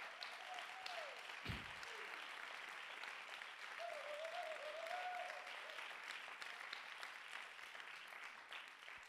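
An audience claps steadily, a dense wash of many hands sustained throughout at an even loudness, with a few faint murmured voices rising briefly beneath the applause.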